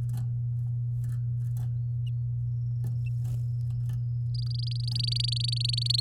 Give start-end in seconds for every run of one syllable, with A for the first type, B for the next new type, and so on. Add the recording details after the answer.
4.34-6.00 A. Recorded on 7 May 2018 at 13:19. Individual llb16